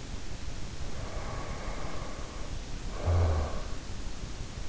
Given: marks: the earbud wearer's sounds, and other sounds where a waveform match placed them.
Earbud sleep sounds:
sounds in sleep by an in-ear microphone; snoring breath
0.82-3.75 s: snoring breath

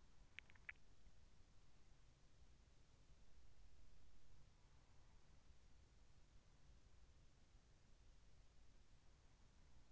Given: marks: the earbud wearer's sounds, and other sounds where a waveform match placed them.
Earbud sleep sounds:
sounds in sleep by an in-ear microphone; swallowing
0.00-0.91 s: swallowing

